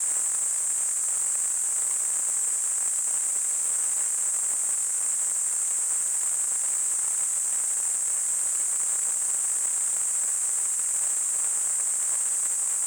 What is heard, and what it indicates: Tinnitus.